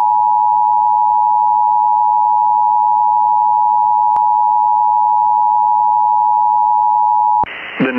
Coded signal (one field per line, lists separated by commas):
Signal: Emergency Alert System (SAME) tones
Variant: 853 and 960 Hz attention tone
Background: speech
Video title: TERROR UNLEASHED (EAS #95-100!!!!!)